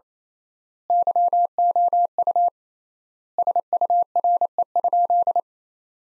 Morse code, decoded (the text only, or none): YOU SURE?